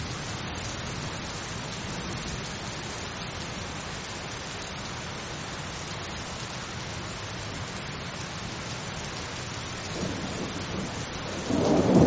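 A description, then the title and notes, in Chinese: A thunderstorm with calm, steady rain falling densely and evenly for most of the clip. Low rumbling sits underneath throughout, and near the end, around ten seconds and again after eleven, a louder swell of thunder rises sharply. 助眠雷雨声：平静的雨。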